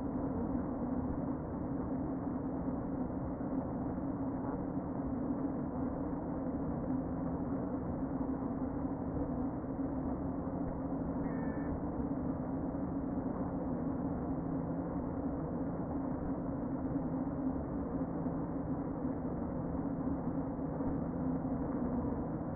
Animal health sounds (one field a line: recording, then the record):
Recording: honeybee colony, microphone inside the hive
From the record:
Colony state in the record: queen present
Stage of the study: before two queens were removed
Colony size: about 60,000 bees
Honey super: yes